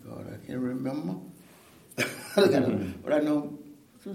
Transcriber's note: laughter